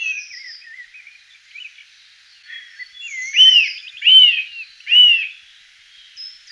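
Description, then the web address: Eurasian nuthatch song: three loud arched whistled notes about a second apart in the second half, after softer high notes at the start. Recorded in 2004. "singvoegel. gesang. roche 2004 kleiber"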